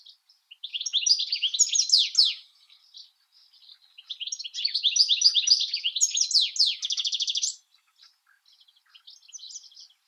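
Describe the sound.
European goldfinch song: fast tinkling, twittering phrases with buzzy trills, two long bursts separated by a short pause, then quieter scattered notes.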